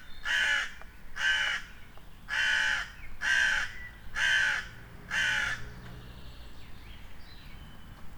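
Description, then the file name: Common raven giving a series of six hoarse, harsh calls, roughly one per second. Raven recorded in the castle park of Ebelsberg. "Rabe im Schlosspark Ebelsberg"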